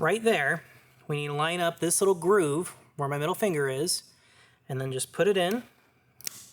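Someone talks while lining up the plastic wiper arm adapter with the groove on a new wiper blade for a 2011–2019 Chevrolet Volt and starting to push it in, with no tools. A brief faint tap comes at 6.3 s near the end, but the adapter has not yet snapped onto the blade; nothing has seated or clicked yet.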